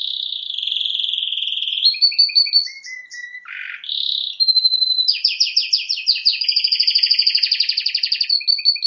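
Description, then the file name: Canary singing a steady rolling trill, then short notes, a low dropping note, and a long run of fast buzzy repeated pulses to the end. "Canary Voice"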